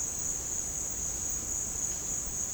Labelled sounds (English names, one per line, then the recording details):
none
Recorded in pastures near Puerto Asís, Putumayo, Colombia, on 25 June 2025 at 15:30
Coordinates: 0.496, -76.326
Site GP01